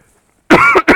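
After a silent pause, an adult man gives a short, voiced cough burst, then a quick second burst.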